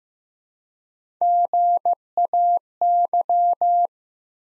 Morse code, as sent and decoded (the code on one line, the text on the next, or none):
--. .- -.--
GAY